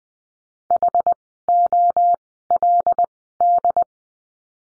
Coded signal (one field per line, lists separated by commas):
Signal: Morse code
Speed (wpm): 20 wpm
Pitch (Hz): 700 Hz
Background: none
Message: HOLD